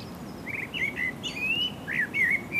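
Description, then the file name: Common blackbird singing a rich run of warbled whistles, some long and sliding, with brief high twittery accents. "Turdus merula"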